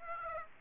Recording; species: mosquito wingbeat signal from an infrared sensor; Aedes aegypti